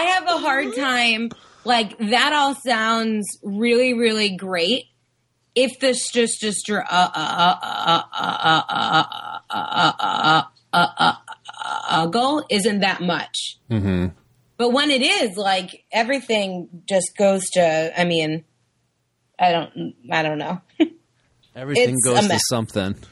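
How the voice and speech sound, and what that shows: A woman's conversational speech with word repetitions, glottal catches and silent blocks: stuttering.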